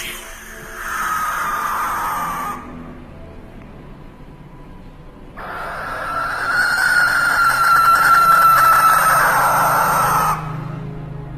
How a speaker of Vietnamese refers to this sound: Bây giờ hai thằng tôi đang đứng bần thần nhìn theo cái tiếng con chim lợn cứ bay sang bên kia.